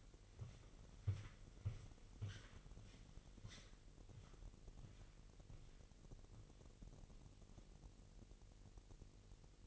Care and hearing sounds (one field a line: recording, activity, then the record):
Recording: daily activity, microphone in the room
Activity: walk to room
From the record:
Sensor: 4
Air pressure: 1002.8 hPa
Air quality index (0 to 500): 247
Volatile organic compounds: 10 ppm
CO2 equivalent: 2256 ppm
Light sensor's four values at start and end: 10/23/9/9 and 11/25/10/10